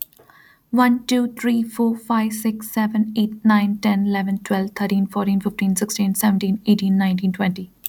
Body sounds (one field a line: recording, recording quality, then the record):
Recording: counting at a fast pace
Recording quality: excellent, no background noise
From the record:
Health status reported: healthy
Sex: female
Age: 29 years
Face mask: not worn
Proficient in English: yes